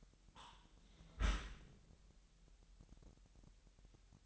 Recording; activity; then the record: daily activity, microphone in the room; close dishwasher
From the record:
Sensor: 3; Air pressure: 998.3 hPa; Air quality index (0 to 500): 148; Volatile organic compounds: 5 ppm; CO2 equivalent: 1778 ppm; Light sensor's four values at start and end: 13/39/16/14 and 13/39/16/14